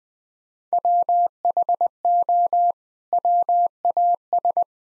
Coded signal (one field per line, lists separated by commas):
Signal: Morse code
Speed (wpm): 21 wpm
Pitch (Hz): 700 Hz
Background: none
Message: WHO WAS